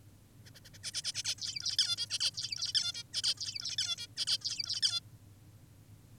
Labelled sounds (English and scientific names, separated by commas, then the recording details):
Zebra Finch (Taeniopygia guttata)
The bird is an adult
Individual g19o10U